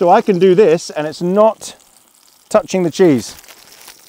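A grease tray is being handled into a camping grill while someone talks; nothing has seated or clicked yet. Light rustling fills the pauses, and a faint sharp tick comes at 4.1 s as the clip ends.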